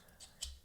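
An Olight Seeker 4 Pro flashlight is pressed into its plastic mounting clip after being tried in the other orientation. A faint tick at 0.1 s is followed by a firm, bright click at 0.4 s with a short low thump. The flashlight snaps in and is seated in the clip bracket.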